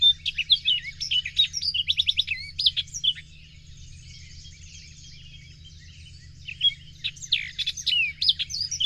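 Bird song in two lively bursts of high chirps, trills and slurred whistles, with a quiet gap in the middle and a steady low hum underneath.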